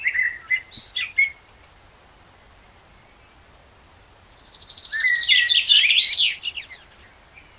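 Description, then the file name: Common blackbird singing a brief fluty warble, falling quiet for a few seconds, then delivering a long, high, chattering squeaky flourish. "Turdus merula"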